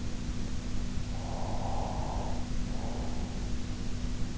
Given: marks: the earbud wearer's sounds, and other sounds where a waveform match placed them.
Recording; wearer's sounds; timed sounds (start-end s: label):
sounds in sleep by an in-ear microphone; breath
1.06-3.40 s: breath